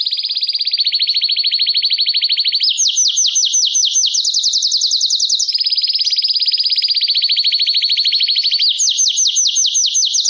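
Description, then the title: Domestic canary song: continuous rapid trills alternating between lower rolling passages and higher clipped notes, without pause for ten seconds. Belgian canary breed (Canário Belga), singing. "Canário Belga Campainha Canary Singing"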